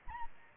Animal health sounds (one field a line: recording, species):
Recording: mosquito wingbeat signal from an infrared sensor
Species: Aedes albopictus